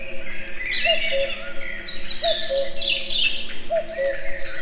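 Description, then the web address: Common cuckoo calling a soft, low, falling two-note cu-coo three times, about every one and a half seconds, under a lively chorus of higher songbirds. Recorded in nature near the Eger tourist house, with calls heard both far and near. "allathangok termeszetben kakukk tavolieskozeli egerturistahaz"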